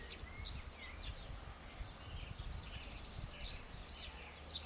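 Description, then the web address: Birds chirping, short high twittering notes and a few slurred whistles, over a constant low hum. "cianscape. Deverinetal"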